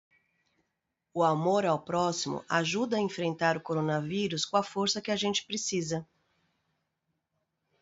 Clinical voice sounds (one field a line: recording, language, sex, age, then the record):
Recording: spoken sentence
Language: Brazilian Portuguese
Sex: female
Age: 40 to 49 years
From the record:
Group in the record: control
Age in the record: 49 years